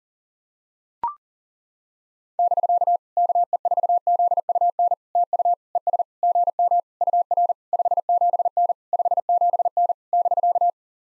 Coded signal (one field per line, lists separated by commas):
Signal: Morse code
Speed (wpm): 40 wpm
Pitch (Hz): 700 Hz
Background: none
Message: <BK> KE4ZUN TU ES GM UR 57N 57N <BK>